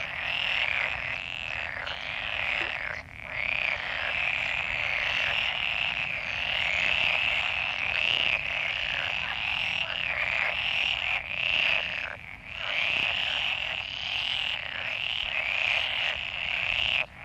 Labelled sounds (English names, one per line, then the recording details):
Pool Frog call
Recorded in the wild
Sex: male
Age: adult
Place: Höhenland, OT Steinbeck, Barnim, Brandenburg, DE
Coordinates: 52.7083, 13.9231
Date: 1967-06-23
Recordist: Günther, Rainer